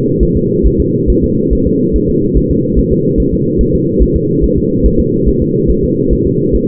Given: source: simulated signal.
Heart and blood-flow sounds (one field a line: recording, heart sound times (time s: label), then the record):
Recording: fetal heart sounds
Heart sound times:
0.23 s: S1
0.37 s: S2
0.67 s: S1
0.81 s: S2
1.10 s: S1
1.24 s: S2
1.53 s: S1
1.67 s: S2
1.96 s: S1
2.10 s: S2
2.37 s: S1
2.51 s: S2
2.79 s: S1
2.93 s: S2
3.20 s: S1
3.34 s: S2
3.61 s: S1
3.75 s: S2
4.03 s: S1
4.16 s: S2
4.44 s: S1
4.58 s: S2
4.86 s: S1
5.00 s: S2
5.28 s: S1
5.42 s: S2
5.70 s: S1
5.84 s: S2
6.13 s: S1
6.27 s: S2
6.55 s: S1
From the record:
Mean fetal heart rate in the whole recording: 140 bpm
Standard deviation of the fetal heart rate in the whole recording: 2 bpm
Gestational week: 34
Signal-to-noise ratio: -11.2 dB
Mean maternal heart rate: 72 bpm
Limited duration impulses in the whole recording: present